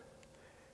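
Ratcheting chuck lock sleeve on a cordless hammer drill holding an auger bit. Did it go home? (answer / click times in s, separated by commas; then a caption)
yes / 0.2 s. The ratcheting keyless chuck sleeve on a FLEX 24V hammer drill driver with Turbo (FX1271T), holding a 2 9/16 inch auger bit, is turned back after tightening. A single short click is heard at 0.2 s. The sleeve clicks into its locked position.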